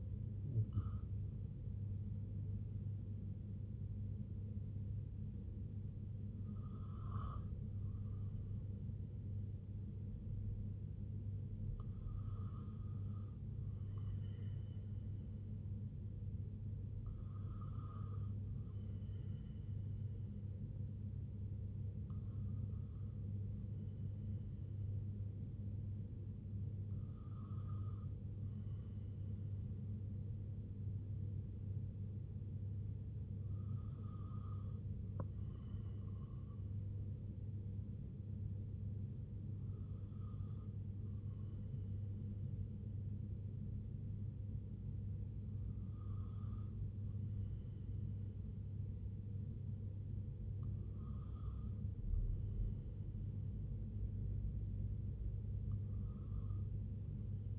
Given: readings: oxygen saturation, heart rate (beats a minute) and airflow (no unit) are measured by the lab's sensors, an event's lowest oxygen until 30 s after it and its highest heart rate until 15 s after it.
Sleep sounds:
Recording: breathing in sleep by a smartphone at the bedside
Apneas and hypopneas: 1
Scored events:
9.00-27.60 s: hypopnea (N2, oxygen 96% highest, then 95% lowest, heart rate 67 at the start, 75 highest)
From the record:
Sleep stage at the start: N2 (light sleep)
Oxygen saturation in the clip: 85 to 96%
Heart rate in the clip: 64 to 76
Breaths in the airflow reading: 10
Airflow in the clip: -4.5 to 4.3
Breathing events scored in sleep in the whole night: 258 in 7.4 hours asleep

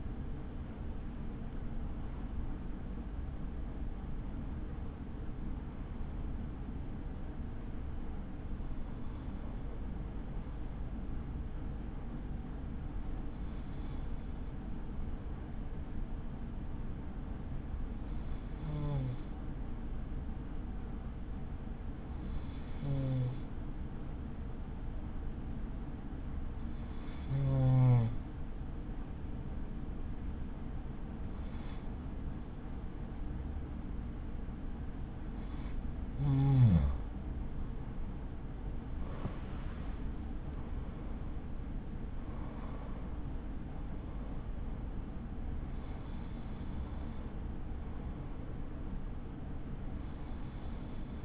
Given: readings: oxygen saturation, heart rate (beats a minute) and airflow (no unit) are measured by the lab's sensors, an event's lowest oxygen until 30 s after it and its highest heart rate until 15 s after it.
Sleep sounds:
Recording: breathing in sleep by a smartphone at the bedside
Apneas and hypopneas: 1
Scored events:
12.00-39.20 s: hypopnea (N1, oxygen 96% highest, then 94% lowest, heart rate 50 at the start, 66 highest)
28.00-51.25 s: new sleep stage, N2 (light sleep)
From the record:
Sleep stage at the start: N1 (lightest sleep)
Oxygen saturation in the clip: 95 to 96%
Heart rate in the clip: 39 to 78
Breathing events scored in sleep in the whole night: 83 in 6.1 hours asleep

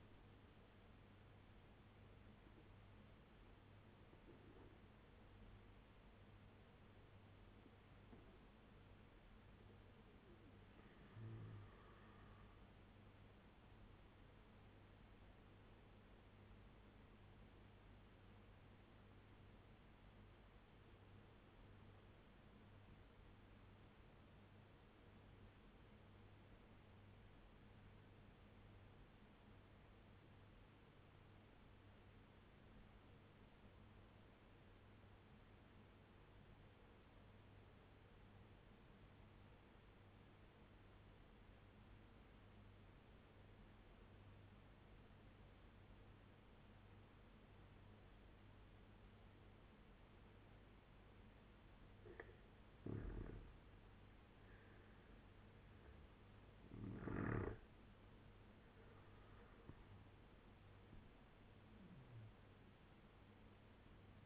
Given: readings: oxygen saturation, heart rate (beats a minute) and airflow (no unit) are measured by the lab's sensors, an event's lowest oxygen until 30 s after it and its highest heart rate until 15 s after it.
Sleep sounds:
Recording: breathing in sleep by a voice recorder at the bedside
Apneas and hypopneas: 1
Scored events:
7.00-37.00 s: new sleep stage, N1 (lightest sleep)
18.00-51.20 s: obstructive apnea (N1, oxygen 96% highest, then 85% lowest, heart rate 73 at the start, 83 highest)
37.00-64.26 s: new sleep stage, N2 (light sleep)
From the record:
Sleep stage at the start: N2 (light sleep)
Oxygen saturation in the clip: 83 to 96%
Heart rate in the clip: 69 to 85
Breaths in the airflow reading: 5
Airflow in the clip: -9.1 to 11.4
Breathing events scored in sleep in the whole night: 201 in 6.5 hours asleep

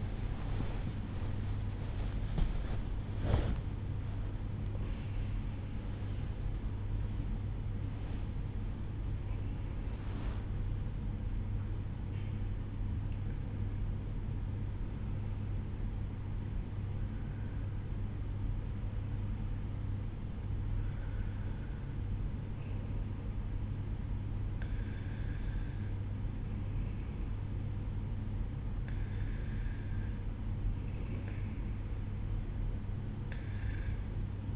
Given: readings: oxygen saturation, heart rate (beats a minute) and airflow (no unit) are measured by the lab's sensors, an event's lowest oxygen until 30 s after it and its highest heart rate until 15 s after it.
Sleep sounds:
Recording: a person awake in a sleep study, by a smartphone at the bedside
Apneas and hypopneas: none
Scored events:
0.00-30.00 s: awake
20.00-34.56 s: new sleep stage, N1 (lightest sleep)
From the record:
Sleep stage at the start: awake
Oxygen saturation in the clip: 91 to 95%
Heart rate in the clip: 56 to 77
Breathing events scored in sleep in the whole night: 305 in 9.6 hours asleep

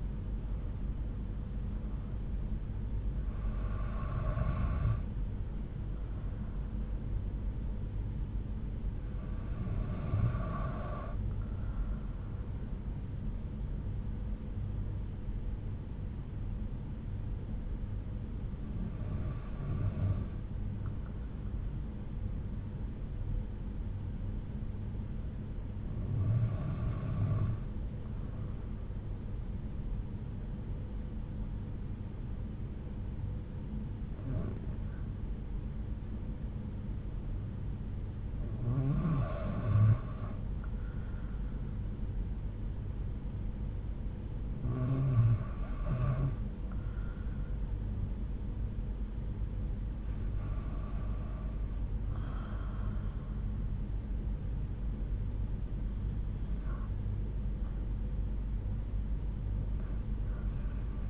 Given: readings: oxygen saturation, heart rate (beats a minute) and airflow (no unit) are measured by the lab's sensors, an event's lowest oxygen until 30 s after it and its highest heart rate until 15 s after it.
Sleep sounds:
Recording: breathing in sleep by a smartphone at the bedside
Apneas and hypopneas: 1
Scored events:
16.00-40.20 s: hypopnea (REM, oxygen 96% highest, then 91% lowest)
From the record:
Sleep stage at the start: REM sleep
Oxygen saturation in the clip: 90 to 96%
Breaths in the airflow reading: 10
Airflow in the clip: -5.8 to 5.8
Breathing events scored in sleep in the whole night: 368 in 8.0 hours asleep

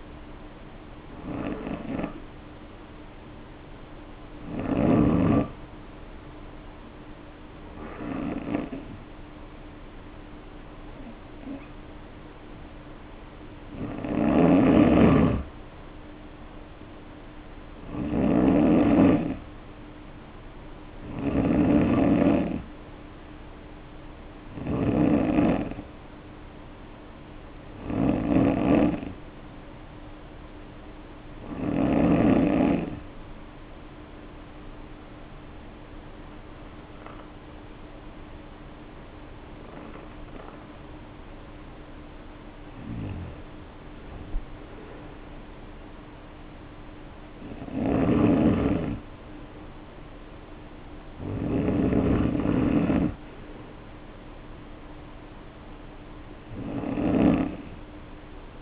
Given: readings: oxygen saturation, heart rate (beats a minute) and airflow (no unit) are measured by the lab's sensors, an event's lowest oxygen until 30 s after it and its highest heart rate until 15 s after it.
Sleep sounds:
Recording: breathing in sleep by a voice recorder at the bedside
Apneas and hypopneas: 1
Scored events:
28.00-58.61 s: new sleep stage, N2 (light sleep)
31.00-46.60 s: hypopnea (N2, oxygen 94% highest, then 92% lowest, heart rate 55 at the start, 59 highest)
From the record:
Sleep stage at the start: N3 (deep sleep)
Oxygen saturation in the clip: 90 to 95%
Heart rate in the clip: 54 to 59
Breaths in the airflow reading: 13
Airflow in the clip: -2.7 to 3.3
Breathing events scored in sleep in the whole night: 520 in 7.2 hours asleep

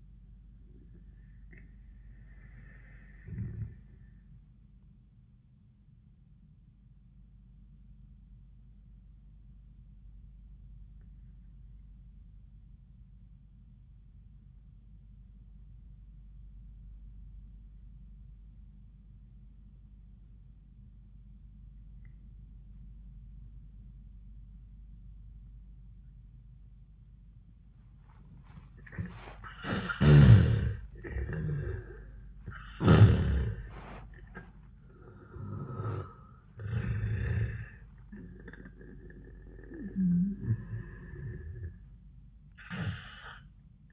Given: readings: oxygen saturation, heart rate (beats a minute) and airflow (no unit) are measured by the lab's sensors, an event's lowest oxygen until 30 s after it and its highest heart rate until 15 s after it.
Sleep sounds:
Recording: breathing in sleep by a smartphone at the bedside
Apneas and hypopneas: 1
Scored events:
8.00-31.40 s: obstructive apnea (N1, oxygen 97% highest, then 80% lowest, heart rate 91 at the start, 100 highest)
8.00-38.00 s: new sleep stage, N2 (light sleep)
38.00-43.93 s: new sleep stage, N1 (lightest sleep)
From the record:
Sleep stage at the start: N1 (lightest sleep)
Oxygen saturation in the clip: 77 to 97%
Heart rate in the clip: 85 to 100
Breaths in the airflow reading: 4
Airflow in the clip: -15.0 to 9.5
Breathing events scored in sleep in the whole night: 400 in 8.7 hours asleep

